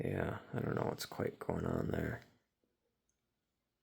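Someone handles the wonky rear landing gear leg on a Gemini 200 die-cast Delta 757-200 model airliner (G2DAL1307), working it toward its socket in the fuselage while talking until about 2.4 seconds. After that it goes nearly silent, with only a couple of faint ticks. Nothing has clicked or seated yet.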